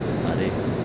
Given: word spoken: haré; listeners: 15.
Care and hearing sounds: one Spanish word in noise, from a listening test; speech-shaped noise; -4.8 dB; 3 of 15; 7 of 15; 0.44 s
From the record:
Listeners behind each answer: 7, 3, 2, 1, 1, 1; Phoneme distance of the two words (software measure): 14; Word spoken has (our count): 2 syllables, 3 phonemes, stress on syllable 2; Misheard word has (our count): 3 syllables, 5 phonemes, stress on syllable 2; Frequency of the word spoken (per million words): 11.66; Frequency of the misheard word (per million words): 38.51

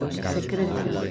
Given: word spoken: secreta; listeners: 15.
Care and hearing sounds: one Spanish word in noise, from a listening test; eight-talker babble; -1.9 dB; 0 of 15; 6 of 15; 0.72 s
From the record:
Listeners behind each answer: 6, 2, 1, 1, 1, 1, 1, 1, 1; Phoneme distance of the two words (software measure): 7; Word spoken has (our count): 3 syllables, 7 phonemes, stress on syllable 2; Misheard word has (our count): 3 syllables, 8 phonemes, stress on syllable 2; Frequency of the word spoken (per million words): 15.73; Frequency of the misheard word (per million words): 6.91

